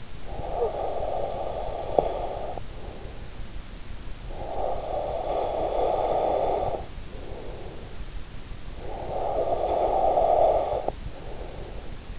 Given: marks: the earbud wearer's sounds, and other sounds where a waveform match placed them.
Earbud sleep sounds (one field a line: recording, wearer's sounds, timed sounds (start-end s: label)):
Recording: sounds in sleep by an in-ear microphone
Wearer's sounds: breath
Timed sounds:
0.00-3.12 s: breath
4.03-8.29 s: breath
8.74-12.19 s: breath